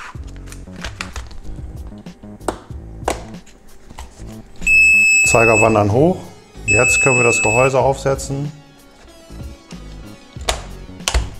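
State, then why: Seated. The plastic housing of an Audi TT 8N instrument cluster is put back onto the cluster and pressed down during a display exchange and repair. Someone talks over light handling knocks, and steady high tones sound twice around 4.7 to 5.8 s and 6.7 to 7.7 s. The housing snaps into place with a sharp click at 11.1 s.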